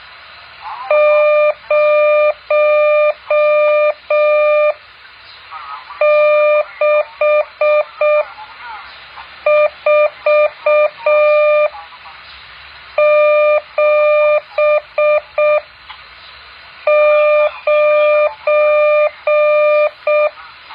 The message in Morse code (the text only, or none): 06479